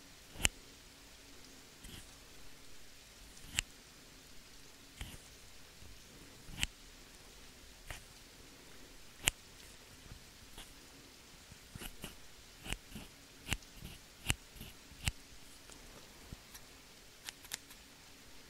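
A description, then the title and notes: Scissors snip in sharp, bright clicks, scattered irregularly at first and then bunching into quicker runs after about twelve seconds, like drops of rain. Between snips, a faint steady low hum and a soft hiss hold underneath. ASMR relaxing Scissors Sounds - Rain, no talking.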